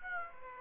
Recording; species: mosquito wingbeat signal from an infrared sensor; Aedes aegypti